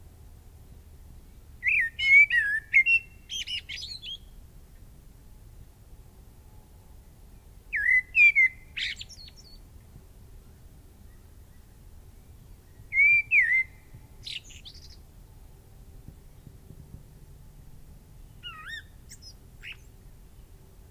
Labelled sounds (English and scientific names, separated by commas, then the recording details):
Common Blackbird (Turdus merula) song
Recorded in the wild
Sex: male
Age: adult
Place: Mark (gemeindefreies Gebiet), Bayern, DE
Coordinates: 49.6414, 10.9478
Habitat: forest
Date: 1964-03-25
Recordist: Tretzel, Erwin